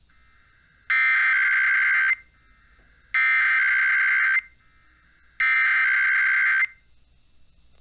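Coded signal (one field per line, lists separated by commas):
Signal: Emergency Alert System (SAME) tones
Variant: header bursts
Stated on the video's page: IPAWS weekly tests received on eight stations.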